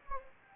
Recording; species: mosquito wingbeat signal from an infrared sensor; Anopheles gambiae